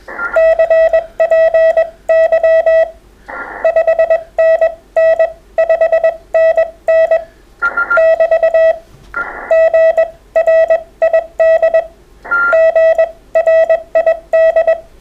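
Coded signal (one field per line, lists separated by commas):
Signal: Morse code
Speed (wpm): 21 wpm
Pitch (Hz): 650 Hz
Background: none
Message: CPY 5NN 5NN <BT> GRID GRID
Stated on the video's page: CW group contacts on mostly 40m during the grey line hour, competing for the most contacts in an hour.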